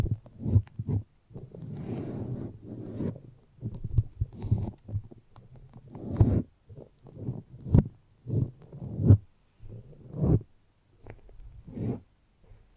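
Foamy, sticky brain-massage sounds come in short squishing bursts, mostly low and muffled, with a few brighter crackles and snaps around 2, 6, 10 and 12 seconds. The rhythm is uneven, with brief quiet gaps between strokes throughout.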